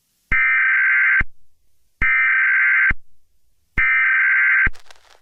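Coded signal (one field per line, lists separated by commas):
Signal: Emergency Alert System (SAME) tones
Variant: header bursts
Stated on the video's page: Fictional EAS scenario using valid EAS tones.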